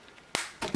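A plastic part on an articulated action figure is pushed into its body joint, giving one sharp, loud click at 0.4 s that marks it seating in place. A softer knock follows near 0.6 s against quiet background.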